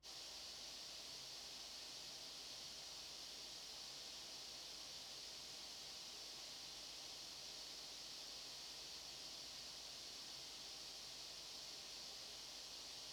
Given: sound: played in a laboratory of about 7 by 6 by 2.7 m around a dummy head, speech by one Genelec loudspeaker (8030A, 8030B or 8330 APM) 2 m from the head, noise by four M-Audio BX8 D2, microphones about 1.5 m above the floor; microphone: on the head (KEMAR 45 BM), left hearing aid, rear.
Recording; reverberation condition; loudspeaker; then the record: white noise; low; four, about 170 cm from the corners of the room and facing them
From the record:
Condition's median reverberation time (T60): about 310 ms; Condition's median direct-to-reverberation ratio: about 3.5 dB